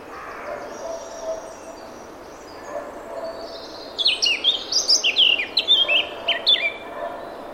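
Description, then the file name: Eurasian blackcap song: soft notes give way to a loud run of clear fluted whistles bouncing between high and mid pitch. "Sylvia atricapilla"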